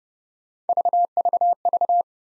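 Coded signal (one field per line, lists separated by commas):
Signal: none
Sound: three identical tone beeps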